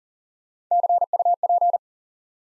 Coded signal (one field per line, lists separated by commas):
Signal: Morse code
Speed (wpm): 40 wpm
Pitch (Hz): 700 Hz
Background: none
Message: CUP